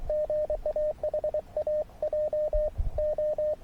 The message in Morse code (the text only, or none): GAHA JO